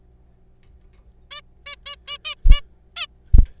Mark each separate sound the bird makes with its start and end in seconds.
1.31-1.41, 1.66-1.76, 1.86-1.96, 2.08-2.18, 2.25-2.34, 2.52-2.61, 2.97-3.06